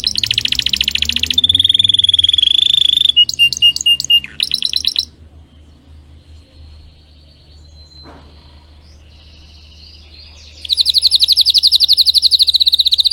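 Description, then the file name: Canary (Spanish Timbrado): canary song: pulsed trills, a sustained whistled tone and sharp clicking notes, then a quiet pause before another bright rolling trill resumes; steady low hum throughout. Belgian canary, Spanish Timbrado breed, singing. "canto do canario belga timbrado espanhol"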